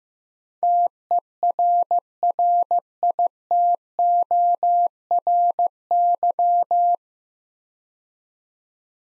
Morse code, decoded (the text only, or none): TERRITORY